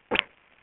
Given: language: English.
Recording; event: throat vibration sensor signal played as sound; cough